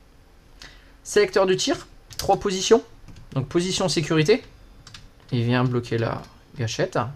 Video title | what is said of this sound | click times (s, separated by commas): Review TIBERIUS T15 en Francais | Pas de retour-ressort, c'est à vous de le raccompagner. Donc vous le reclipsez. | 0.6 s